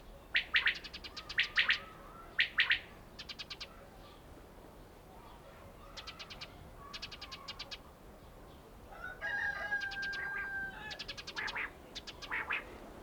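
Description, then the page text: Common quail calling, several bursts of clipped pulsed notes, with a steady whistle from another bird partway through. Recorded in a mountain village (kishlak). "Mountain Kishlak. Coturnix coturnix - Горный кишлак. Перепел"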